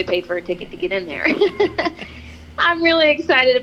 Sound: chuckles